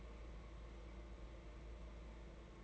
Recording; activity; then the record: daily activity, microphone in the room; take from stove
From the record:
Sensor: 3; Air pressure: 991.9 hPa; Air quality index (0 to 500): 227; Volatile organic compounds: 1000 ppm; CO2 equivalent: 7804 ppm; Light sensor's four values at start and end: 25/75/30/25 and 25/75/30/25